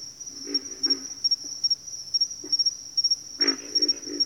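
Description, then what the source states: Pig frogs grunting in scattered low bursts, a louder cluster near the end, with a persistent high insect whine. Bayou habitat, several pig frogs.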